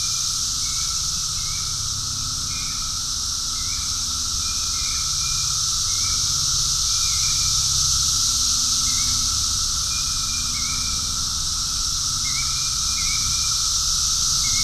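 Cicadas drone in a constant high hiss, with brief faint chirps repeated throughout and a low rumble underneath.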